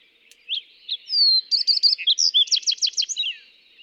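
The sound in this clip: Fox sparrow singing a clear, varied phrase of bright whistled notes that slur into quick, rolling syllables, ending after about three seconds; quiet background otherwise.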